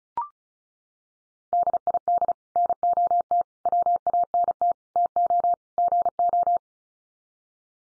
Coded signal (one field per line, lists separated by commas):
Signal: Morse code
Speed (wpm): 34 wpm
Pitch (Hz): 700 Hz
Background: none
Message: DID NOT WANT TO GO